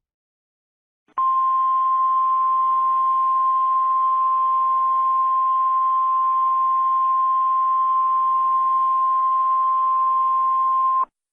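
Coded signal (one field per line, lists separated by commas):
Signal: Emergency Alert System (SAME) tones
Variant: 1050 Hz attention tone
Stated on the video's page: Fictional EAS scenarios.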